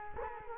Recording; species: mosquito wingbeat signal from an infrared sensor; Culex quinquefasciatus